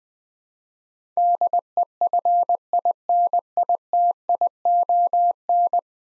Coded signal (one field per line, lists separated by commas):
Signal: Morse code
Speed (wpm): 21 wpm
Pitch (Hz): 700 Hz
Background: none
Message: DEFINITION